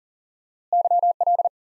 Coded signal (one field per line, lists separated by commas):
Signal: Morse code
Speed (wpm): 38 wpm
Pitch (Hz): 700 Hz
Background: none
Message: YL